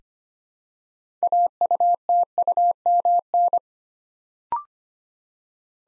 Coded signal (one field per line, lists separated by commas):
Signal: Morse code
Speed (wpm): 25 wpm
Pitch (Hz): 700 Hz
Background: none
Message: AUTUMN